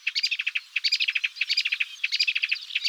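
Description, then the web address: Melodious warbler song: a fast, continuous, chattering babble of varied short notes, some scratchy and some whistled, delivered in rapid, hurried runs. "Hippolais polyglotta"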